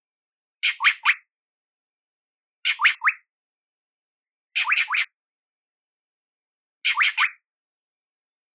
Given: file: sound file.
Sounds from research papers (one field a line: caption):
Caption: The Yellow-breasted Boubou duet initiated and led by a female with Chock male responding with Hwee-hwee phrases